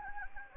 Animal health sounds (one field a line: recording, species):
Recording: mosquito wingbeat signal from an infrared sensor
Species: Anopheles gambiae